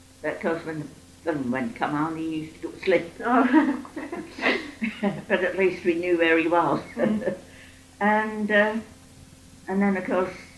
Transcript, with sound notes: But, of course, when the film went and come on he used to slip...
Aw. [laughs]
But at least we knew where he was. And eh, and then of course,